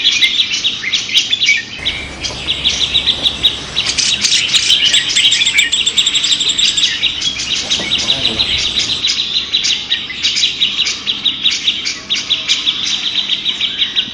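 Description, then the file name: Grey-cheeked bulbul song: dense, overlapping high chattering and whistled phrases from several birds, continuous and busy throughout. Simulated songbird contest recording featuring a trio of birds. "audio simulasi lomba cucak jenggot trio omkicau"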